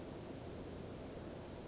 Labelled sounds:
Western Flycatcher
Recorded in Sonoma County, California

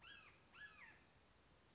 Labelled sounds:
Red-shouldered Hawk
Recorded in Sonoma County, California

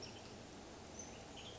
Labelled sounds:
Western Tanager
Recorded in Sonoma County, California

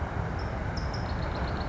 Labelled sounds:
California Towhee
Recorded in Sonoma County, California

